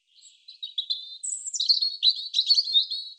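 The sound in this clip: European robin song: one phrase that opens with soft, thin notes, then jumps to a high whistle and runs into a fast, sparkling, warbled twitter.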